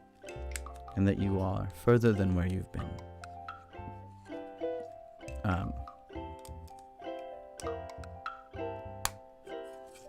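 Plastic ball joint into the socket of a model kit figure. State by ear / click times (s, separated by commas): seated / 9.0 s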